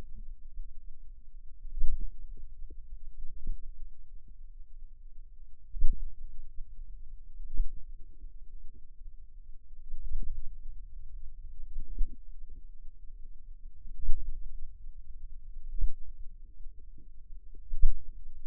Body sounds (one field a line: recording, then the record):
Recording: forearm muscle sounds (acoustic myography)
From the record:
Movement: finger pinch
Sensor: system 2, bracelet of six BSWA MPA416 microphones around the upper forearm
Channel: 1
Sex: female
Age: 22 years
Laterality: right